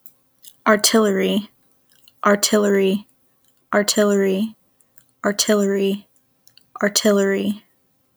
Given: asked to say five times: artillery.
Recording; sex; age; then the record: repeated word; female; 20 to 29 years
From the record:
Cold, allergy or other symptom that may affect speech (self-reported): no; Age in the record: 22 years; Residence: Texas, United States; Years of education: 12